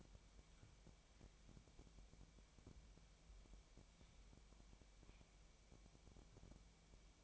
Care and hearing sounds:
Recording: daily activity, microphone in the room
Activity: wipe stove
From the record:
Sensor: 1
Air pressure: 1007.1 hPa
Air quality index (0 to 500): 203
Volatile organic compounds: 21 ppm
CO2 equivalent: 2738 ppm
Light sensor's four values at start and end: 13/33/13/15 and 13/32/13/14

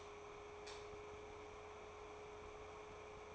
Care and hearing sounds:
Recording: daily activity, microphone in the room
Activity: light off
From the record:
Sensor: 1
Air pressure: 1010.2 hPa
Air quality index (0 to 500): 172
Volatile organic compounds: 12 ppm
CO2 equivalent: 2364 ppm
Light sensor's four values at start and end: 56/151/61/76 and 52/136/56/70

